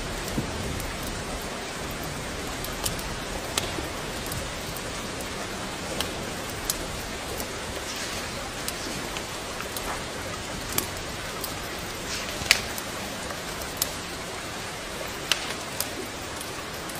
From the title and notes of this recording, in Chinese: 雨天烤火声丨白噪音。